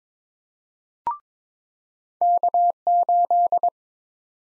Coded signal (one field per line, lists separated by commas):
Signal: Morse code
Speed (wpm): 21 wpm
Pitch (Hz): 700 Hz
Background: none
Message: K8